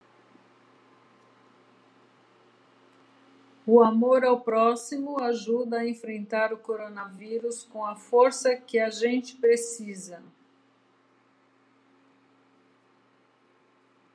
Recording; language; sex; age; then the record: spoken sentence; Brazilian Portuguese; female; 60 to 69 years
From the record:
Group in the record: control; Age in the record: 66 years